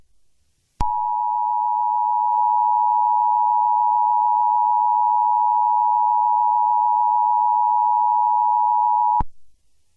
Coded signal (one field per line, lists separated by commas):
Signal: Emergency Alert System (SAME) tones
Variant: 853 and 960 Hz attention tone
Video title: EAS Scenario #35: EF6